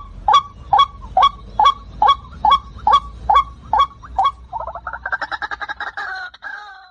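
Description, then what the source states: White-breasted waterhen giving evenly spaced harsh honks, then breaking into a faster, rattling chatter of rapid notes that fades toward the end. Call used as a lure for trapping the bird.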